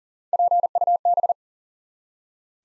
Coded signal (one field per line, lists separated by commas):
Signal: Morse code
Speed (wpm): 41 wpm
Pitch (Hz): 700 Hz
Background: none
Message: PUB